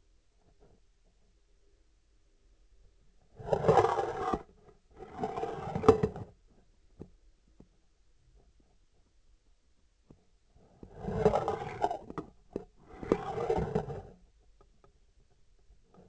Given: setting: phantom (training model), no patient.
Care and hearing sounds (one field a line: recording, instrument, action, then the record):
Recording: laparoscopic instrument, vibration sensor on the handle end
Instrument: scissors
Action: approaching and retracting movements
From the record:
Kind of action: spatial motion